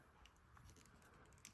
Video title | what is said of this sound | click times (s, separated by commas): Woodcraft "Nintendo" ZX10R Nintendo Handlebar Switch and Ignition Installation | And so once you plug everything in, make sure you hear those little snaps. | 1.5 s